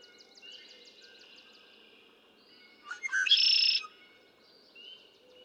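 Red-winged blackbird: a rapid series of ticking notes opens, then gurgled notes and a loud buzzy trill, with soft notes after.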